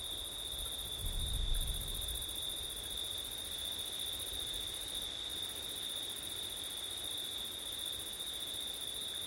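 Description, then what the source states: Crickets sing a constant shrill trill while a gust of wind rumbles low near the start, then settles into steady hiss. Crickets at night in September, with wind; recorded with an ORTF stereo setup (given as 'ortif').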